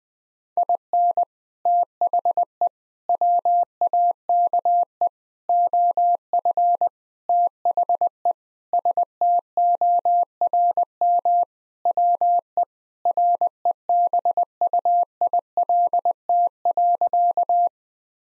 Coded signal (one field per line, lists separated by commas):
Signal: Morse code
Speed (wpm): 20 wpm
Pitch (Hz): 700 Hz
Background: none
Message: IN THE WAKE OF THE STORM WE REBUILT.